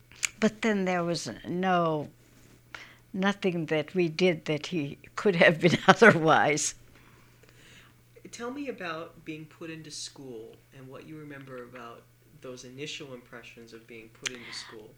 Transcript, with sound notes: But then there was no, nothing that we did that he could have been otherwise. (she laughs)
Tell me about being out into school and what you remember about those initial impressions of being put into school.